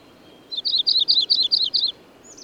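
Bird singing a rapid string of bright, buzzy notes, ending with a faint high note.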